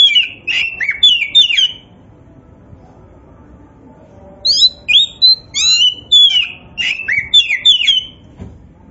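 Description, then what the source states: Oriental magpie-robin giving quick repeated slurred whistles, a short run, a pause of a few seconds, then a longer series of bright downslurred notes. Indonesian name kacer poci; gacor, describing a bird that sings actively and persistently.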